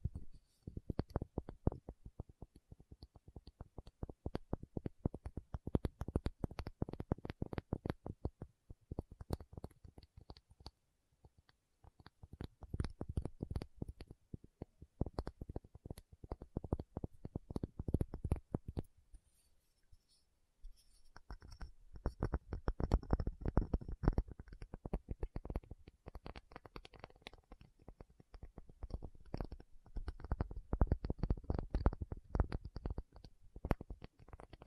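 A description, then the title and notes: Tapping comes in dense, rapid bursts of crisp, sharp clicks, broken by short pauses near 10, 13 and 19 seconds, with a faint high whine. ASMR 1 Hour Tapping Session (No Talking).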